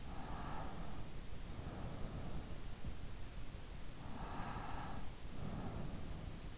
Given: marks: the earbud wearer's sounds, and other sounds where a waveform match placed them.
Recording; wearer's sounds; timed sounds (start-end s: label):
sounds in sleep by an in-ear microphone; breath
0.00-2.61 s: breath
4.06-6.58 s: breath